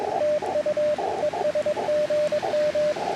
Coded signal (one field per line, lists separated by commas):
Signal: Morse code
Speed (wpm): 20 wpm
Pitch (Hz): 600 Hz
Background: radio noise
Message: TU ES GM